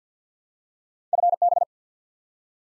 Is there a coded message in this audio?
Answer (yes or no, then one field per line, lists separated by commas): yes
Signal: Morse code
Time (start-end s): 1.1-1.6 s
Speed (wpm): 50 wpm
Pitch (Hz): 700 Hz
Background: none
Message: FB